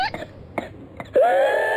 What whooping cough can sound like in a baby. Examples from the Centers for Disease Control of the unrelenting cough punctuated by gasps for air. It starts off as a cold.